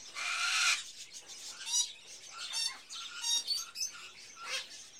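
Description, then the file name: Birds squawking, a loud harsh screech at the start, then scattered chirps and rasping calls of mixed pitch. Various birds in a pet shop, ambience. "Sound Ideas 2000 Series - Birds, Various Birds In A Pet Shop, Ambience"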